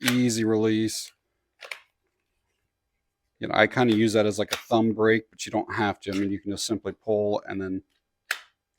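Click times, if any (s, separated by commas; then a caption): 8.3 s. A Sig Sauer P365 compact pistol is pushed back into a GRITR Kydex appendix IWB holster, and the adjustable retention snaps over the trigger guard with a sharp, positive click at 8.3 s, confirming it is seated. Earlier, someone talks, and there are faint short clicks around 1.6–1.7 s.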